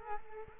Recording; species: mosquito wingbeat signal from an infrared sensor; Culex quinquefasciatus